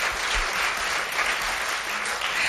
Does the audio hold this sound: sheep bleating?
no